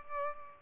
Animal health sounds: mosquito wingbeat signal from an infrared sensor; Culex pipiens

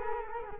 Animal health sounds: mosquito wingbeat signal from an infrared sensor; Culex quinquefasciatus

